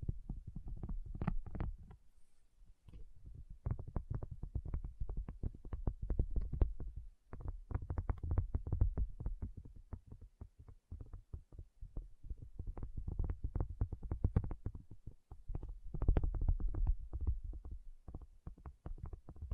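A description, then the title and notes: A tapping session of quick, dense taps with a heavy, thumpy low end and occasional brighter clicks on top. The taps come in irregular flurries that run almost continuously, broken by short pauses near 2, 7, 11 and 15 seconds. ASMR 1 Hour Tapping Session (No Talking).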